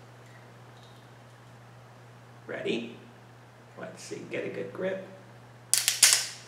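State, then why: Released. Someone talks while gripping and twisting the screw cap on a glass Jameson whiskey bottle, keeping a hand off the joint so the sound is not muffled. The seal breaks with a series of sharp snaps at 5.7, 5.8, 5.9 and 6.0 seconds, and the cap comes free.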